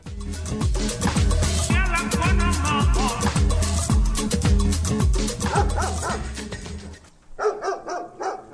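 A dog barks and yips repeatedly over loud, rhythmic band music with a steady bass beat, the barking continuing in short bursts as the music drops away at the end.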